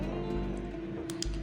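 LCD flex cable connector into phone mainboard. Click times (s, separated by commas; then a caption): 1.1 s, 1.2 s. The flex cable connector of an original replacement LCD for a Xiaomi Redmi Note 5 Pro, lined up with its marker holes, is pressed onto the phone's mainboard over steady background music. Two short, sharp clicks are heard at 1.1 s and 1.2 s, and the connector is seated.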